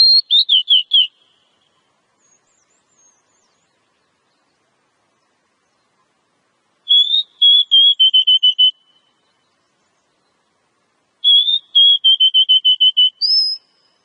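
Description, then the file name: Oriental magpie-robin whistling: a quick warbled opening, then two longer strings of evenly spaced, slightly falling whistled notes. Female; Indonesian name kacer. "Suara kacer betina"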